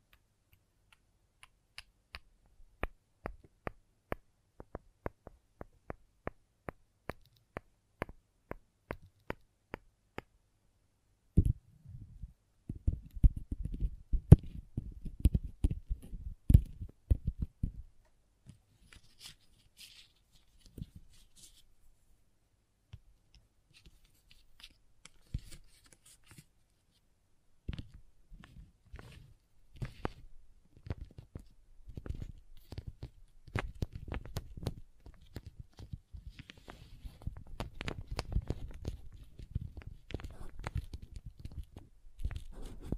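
Slime and crayon sounds with tapping. It opens with a steady run of sharp, evenly spaced taps for about ten seconds, then dense, low, squishy crackling takes over in bursts, pausing briefly near twenty and twenty-six seconds before returning thick and continuous to the end.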